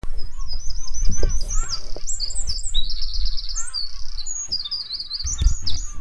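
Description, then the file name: Eurasian wren pouring out a loud, rapid run of high trills and sharp notes, continuous throughout, over a low rumbling background noise. "Troglodytes troglodytes"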